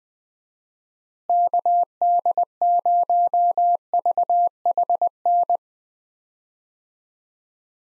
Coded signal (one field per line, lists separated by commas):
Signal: Morse code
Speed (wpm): 20 wpm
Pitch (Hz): 700 Hz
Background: none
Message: KD0VHN